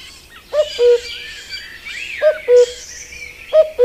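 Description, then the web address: Common cuckoo repeating its hollow, descending two-note cu-coo three times in quick succession while other birds chatter in the background. "agykontroll Madardalok Cd 1. Kakukk"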